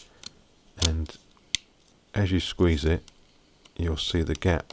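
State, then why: Not seated. The plastic rear housing and midframe of a Samsung Galaxy Note 2 are squeezed down onto the phone around the headphone jack while someone talks, with a few short plastic ticks, the sharpest near 1.6 s. The casing clips are being handled but nothing has seated or clicked into place yet.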